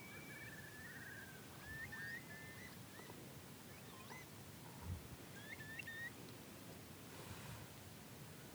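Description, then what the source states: Eurasian curlew calling, a high note then a rapid warbling trill, then scattered short calls over a low rumble. On in-by land of a remote upland farm, Yorkshire Dales, in early spring; the sound heralds winter's end.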